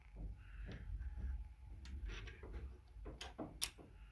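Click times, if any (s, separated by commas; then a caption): 3.6 s. A fabricated metal part, cut and tapped with an M6x1 thread, is fitted onto the frame of an electric scooter. Soft handling and scraping noises lead into short metallic knocks at about 1.9 s and 3.2 s. A sharp click at 3.6 s marks the part seating into place.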